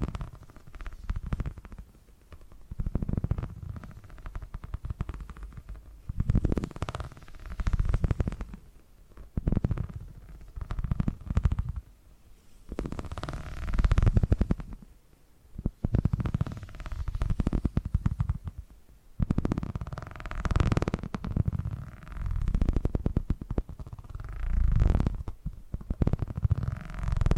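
Low, rumbling purring sounds come in repeated swells, each lasting one to three seconds, with short gaps between them. The rumble sits deep and grainy, and some swells carry a brighter, breathy hiss on top, especially around the middle and near the end.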